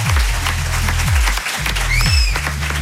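A crowd at a live public broadcast of the Énergie radio morning show in Gros du Roi at the start of the holidays applauds loudly and steadily throughout, dense clapping over a repeating low, descending musical tone, with a brief rising whistle near the end.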